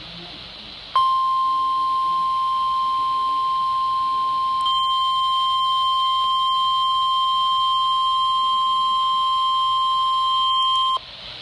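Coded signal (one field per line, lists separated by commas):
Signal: Emergency Alert System (SAME) tones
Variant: 1050 Hz attention tone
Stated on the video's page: High wind watch alerts received on a weather radio with a weak, unclear signal; the watch alarm tone was shut off right away.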